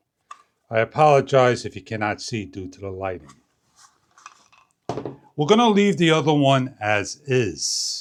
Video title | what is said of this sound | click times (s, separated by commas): Ants parts Lockable Roof Rack Cross Bars 220lbs for 2019-2025 Rav 4 cross bar anti theft locks | as it locks into place and secures tightly on. | 0.3 s